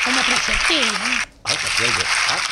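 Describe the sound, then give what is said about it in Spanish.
Steady, dense applause fills the background while a voice talks over it, the clapping dropping out for a brief moment before resuming. “Ni de dónde me aplaude, mire.”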